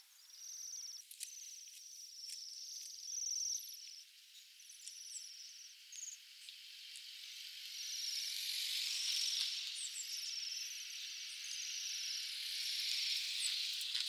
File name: Bohemian waxwing